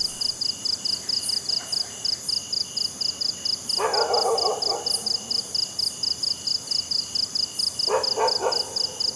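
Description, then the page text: Cricket chirps pulse steadily and high throughout, interrupted by two short bursts of other animal calls. Crickets at night in a jungle. "Crickets Night Jungle TonwagenSfxLab"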